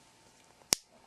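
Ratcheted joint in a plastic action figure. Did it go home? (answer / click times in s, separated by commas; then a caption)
yes / 0.7 s. A plastic Marvel Legends action figure is bent down at a ratcheted joint, which gives one sharp, very audible click at 0.7 s against a quiet background. The joint seats with the click and locks the figure in place.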